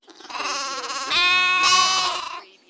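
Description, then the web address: Sheep: one long, wavering lamb bleat lasting about two seconds, growing louder partway through before fading away. A young lamb bleating. "beanstalk-audio Lamb bleating"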